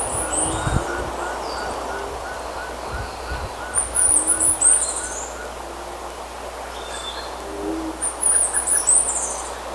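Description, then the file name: Bird calls: three bouts of high, shrill chatter, backed by a faint fast series of mid-pitched repeated notes, low tones and a few thumps in steady hiss. "SABIOD 50 bird 2015"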